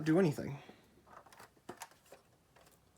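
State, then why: Seated. A clip-in part of a Lampi Standard 20-watt pre-heat fluorescent strip light fixture is pressed into place and clips in fully. Someone talks briefly at the start, then small handling taps lead to sharp clicks at 1.7 and 1.8 seconds as the part seats completely.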